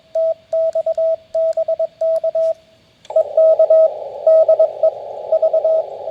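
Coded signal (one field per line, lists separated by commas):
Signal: Morse code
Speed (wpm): 21 wpm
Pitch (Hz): 650 Hz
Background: radio noise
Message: TX BK EK DE V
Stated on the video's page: CW Parks on the Air activation on 20 m from a portable station, using a G90 into an end-fed random wire with a home-brew 9:1 transformer.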